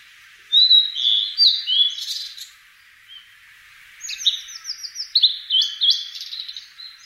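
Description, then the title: Blue-and-white flycatcher singing two phrases of high, slurred whistles and quick notes, separated by a short gap. In a garden in Tokyo, Japan. "朝の小鳥. 六義園（東京都）のオオルリ"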